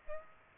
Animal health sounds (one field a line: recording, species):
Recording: mosquito wingbeat signal from an infrared sensor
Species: Aedes aegypti